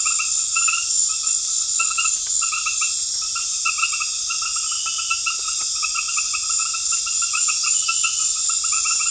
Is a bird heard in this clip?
no